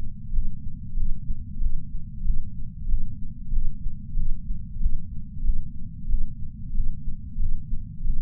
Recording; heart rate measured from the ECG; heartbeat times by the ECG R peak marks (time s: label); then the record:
heart sounds by patch sensor on the chest; 93 bpm
0.33 s: heartbeat
0.97 s: heartbeat
1.61 s: heartbeat
2.25 s: heartbeat
2.89 s: heartbeat
3.53 s: heartbeat
4.17 s: heartbeat
4.81 s: heartbeat
5.44 s: heartbeat
6.09 s: heartbeat
6.75 s: heartbeat
7.40 s: heartbeat
8.05 s: heartbeat
From the record:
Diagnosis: coronary artery disease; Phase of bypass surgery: preoperative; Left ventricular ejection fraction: 64.4%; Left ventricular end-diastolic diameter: 43 mm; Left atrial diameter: 35 mm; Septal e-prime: 6.9 cm/s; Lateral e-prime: 11.4 cm/s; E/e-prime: 9.7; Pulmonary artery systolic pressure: 22 mmHg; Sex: female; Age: 58 years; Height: 155 cm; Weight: 55 kg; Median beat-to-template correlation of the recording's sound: 0.95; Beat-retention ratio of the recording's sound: 0.99